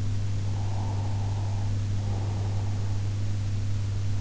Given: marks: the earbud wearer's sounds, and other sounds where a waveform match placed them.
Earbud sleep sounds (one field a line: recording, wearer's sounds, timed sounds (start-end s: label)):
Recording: sounds in sleep by an in-ear microphone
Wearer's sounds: breath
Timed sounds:
0.50-3.16 s: breath